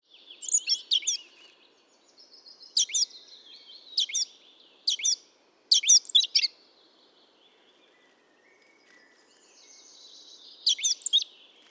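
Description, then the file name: Eurasian blackcap song fragments: brief loud bursts of quick sweeping notes, with faint high notes in between and a soft low background noise. "Sylvia atricapilla"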